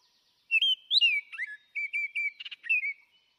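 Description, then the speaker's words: Baltimore Oriole song: a clear whistled run of flute-like notes, some rising and some falling, with a short chattery burst near the end. No other sounds. Played back as an example of the species' sound. "And in case you're curious, Brig, this is what a Baltimore Oriole sounds like."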